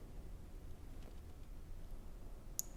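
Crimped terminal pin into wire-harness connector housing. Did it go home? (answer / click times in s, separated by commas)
yes / 2.6 s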